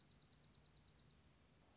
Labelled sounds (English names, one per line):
Dark-eyed Junco